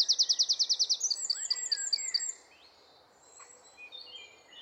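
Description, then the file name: Eurasian wren song: a loud, very fast high trill followed by a run of repeated sharp notes, then near quiet with faint twittering. "Troglodytes troglodytes"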